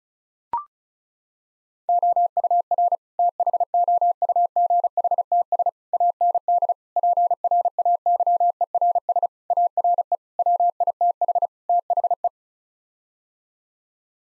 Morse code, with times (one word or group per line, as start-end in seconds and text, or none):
1.9-3.0 OUR
3.2-5.7 THOUGHTS
5.9-6.7 AND
7.0-9.3 PRAYERS
9.5-10.2 ARE
10.4-11.5 WITH
11.7-12.3 THE